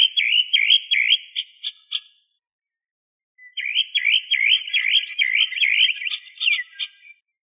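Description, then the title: Bird song in two bursts of quick, looping up-and-down whistled notes, about two seconds, a pause, then a longer warbling phrase; otherwise quiet. "LuckyPassaros CompletosSama"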